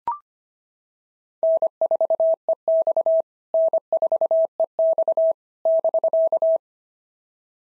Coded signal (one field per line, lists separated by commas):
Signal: Morse code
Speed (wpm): 26 wpm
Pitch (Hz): 650 Hz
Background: none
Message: N4EX N4EX <BK>